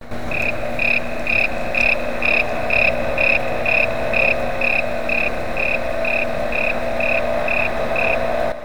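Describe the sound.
Crickets chirping: steady, evenly spaced high pulses, about two per second, continuing throughout over a low droning hum.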